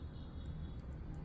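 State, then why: Not seated. A metal snap clasp, its two prongs crimped with pliers onto a crocheted T-shirt-yarn bag, is tried shut, but only a low, steady background rumble is heard with faint high hisses. Nothing has clicked or seated yet, so the clasp is not closing properly and the prongs need to be squeezed more.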